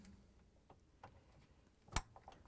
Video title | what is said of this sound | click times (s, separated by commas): How To: GE Washer Washer Mode Shifter WH03X30517 | make sure it clicks | 2.0 s